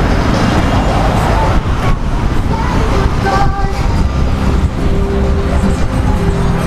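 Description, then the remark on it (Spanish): Steady, loud roar of road traffic during a street protest march, engines rumbling continuously as vehicles go by, a dense wash of low noise with a few faint tonal whines rising briefly in the middle. “Carreros que vienen atrás, caminar un poquito más rápido para que los carros no crucen y ya que pasen a los discos, los carros puedan pasar todo por completo.”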